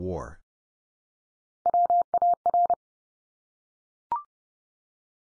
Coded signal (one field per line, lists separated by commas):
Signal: Morse code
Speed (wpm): 29 wpm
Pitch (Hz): 700 Hz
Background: none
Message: WAR